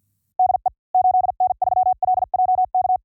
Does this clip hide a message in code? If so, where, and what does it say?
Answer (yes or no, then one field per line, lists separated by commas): yes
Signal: Morse code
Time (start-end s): 0.4-3.0 s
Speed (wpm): 50 wpm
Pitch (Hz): 740 Hz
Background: none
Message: DE 8N3LJK